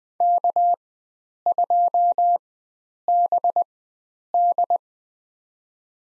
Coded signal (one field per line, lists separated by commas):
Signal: Morse code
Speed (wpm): 20 wpm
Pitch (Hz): 700 Hz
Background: none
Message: K2BD